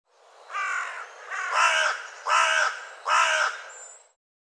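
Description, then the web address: Bird calling with four harsh, hoarse notes roughly a second apart, in otherwise quiet surroundings. "cianscape birddata Deverinetal 2025"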